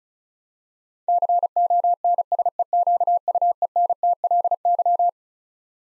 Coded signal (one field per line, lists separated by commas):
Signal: Morse code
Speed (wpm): 36 wpm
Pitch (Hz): 700 Hz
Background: none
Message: CONSEQUENTLY